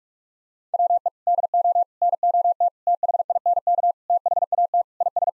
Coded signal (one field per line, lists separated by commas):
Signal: Morse code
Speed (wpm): 41 wpm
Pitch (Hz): 700 Hz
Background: none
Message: WE DO NOT THINK THAT IS